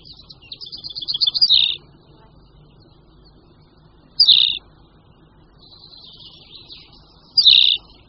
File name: Linduška-úhorní